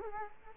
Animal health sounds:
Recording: mosquito wingbeat signal from an infrared sensor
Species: Culex quinquefasciatus

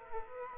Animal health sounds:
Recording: mosquito wingbeat signal from an infrared sensor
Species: Aedes aegypti

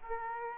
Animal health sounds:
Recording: mosquito wingbeat signal from an infrared sensor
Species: Aedes aegypti

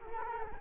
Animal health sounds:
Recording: mosquito wingbeat signal from an infrared sensor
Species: Culex quinquefasciatus

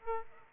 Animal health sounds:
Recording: mosquito wingbeat signal from an infrared sensor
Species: Aedes aegypti

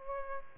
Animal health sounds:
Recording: mosquito wingbeat signal from an infrared sensor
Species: Aedes aegypti

